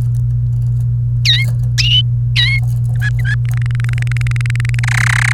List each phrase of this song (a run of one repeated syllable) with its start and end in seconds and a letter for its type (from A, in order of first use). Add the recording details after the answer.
1.25-1.45 A, 2.35-2.59 A, 2.95-3.35 B, 3.45-4.79 C, 4.83-5.33 D. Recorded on 28 April 2018 at 12:47. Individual llb3